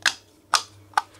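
A plastic reflector is pushed into the spokes of a wheelchair wheel, giving three sharp plastic clicks at 0.1, 0.6 and 1.0 seconds. Although it clicks, the reflector is not in all the way, because the latch on the back has not grabbed yet.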